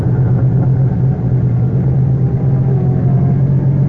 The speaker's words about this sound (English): Quickly, I got into the car. And I got out of there as fast as I could.